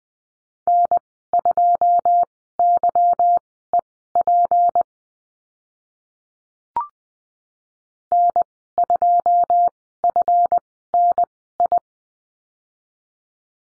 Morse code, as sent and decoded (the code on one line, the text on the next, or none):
-. ..--- -.-- . .--. / -. ..--- ..-. -. ..
N2YEP N2FNI